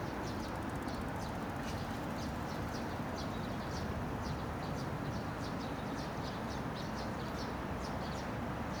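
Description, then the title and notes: Eurasian tree sparrow calls: quick, sharp chirps given in a continuous irregular series over a constant heavy rumble of vehicles. Summer during the monsoon season at Yangjaecheon Stream, Yangjae-dong, Seocho-gu, Seoul, South Korea, with vehicles and a bus passing by. "대한민국 서울특별시 서초구 양재동 261-23-Yangjaecheon, Summer, Bus, Sparrow. Yangjaecheon Stream, Summer, Monsoon, Sparrow, vehicle passing by 양재천, 여름, 장마철, 참새"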